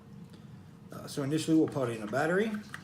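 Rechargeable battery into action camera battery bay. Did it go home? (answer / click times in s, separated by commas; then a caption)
no / none. A rechargeable battery is handled at the battery bay of an Apeman A80 action camera while someone talks over a quiet background. The battery has not seated or clicked into place yet by the end of the clip.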